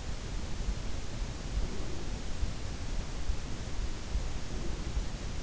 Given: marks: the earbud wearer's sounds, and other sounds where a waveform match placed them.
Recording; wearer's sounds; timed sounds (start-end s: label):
sounds in sleep by an in-ear microphone; breath
1.15-2.64 s: breath
4.00-4.90 s: breath